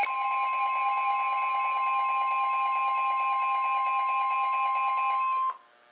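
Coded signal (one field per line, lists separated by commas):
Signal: Emergency Alert System (SAME) tones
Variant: 1050 Hz attention tone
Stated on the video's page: Real recorded EAS alerts, including a PDS Severe Thunderstorm Watch.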